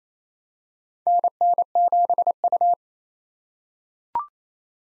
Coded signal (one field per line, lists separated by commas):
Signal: Morse code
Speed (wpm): 27 wpm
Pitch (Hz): 700 Hz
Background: none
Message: NN7U